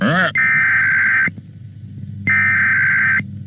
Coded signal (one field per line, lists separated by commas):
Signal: Emergency Alert System (SAME) tones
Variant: header bursts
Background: speech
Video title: Wario watching EAS Broadcast